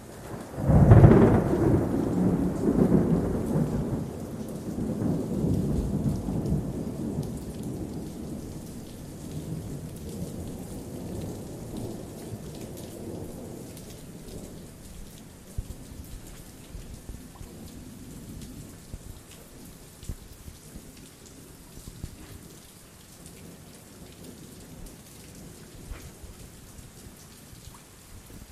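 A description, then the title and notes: Thunder breaks loudly about a second in, then rolls and rumbles low for ten seconds or more as it slowly fades. Steady rain patters throughout, with drips and splashes ticking over the hiss once the thunder dies away. Incredible thunder and rain during a huge storm!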